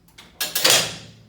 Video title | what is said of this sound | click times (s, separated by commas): Nautilus Strength Training | can hear that click | 0.4 s